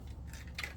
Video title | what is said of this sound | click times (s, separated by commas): Chevy Cruze License plate bulb replacement | take that and it pops into place. | 0.6 s